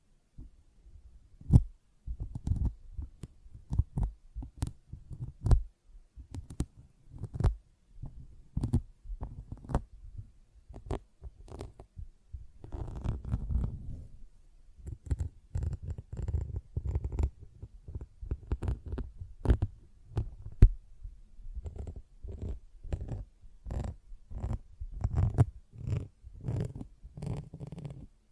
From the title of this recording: Sponge Sounds - Scratching, Squishing, Brushing, Cutting